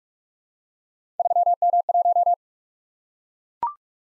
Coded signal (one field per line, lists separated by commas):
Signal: Morse code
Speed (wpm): 44 wpm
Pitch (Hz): 700 Hz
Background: none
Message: 3M1